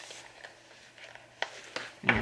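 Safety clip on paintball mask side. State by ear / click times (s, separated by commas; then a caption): seated / 2.1 s. A small plastic safety clip on one side of a paintball mask is pushed back into place. Faint handling rustles and a couple of sharp ticks around 1.4 and 1.8 s lead to a loud, crisp click at 2.1 s as the clip seats, leaving that side of the mask secure.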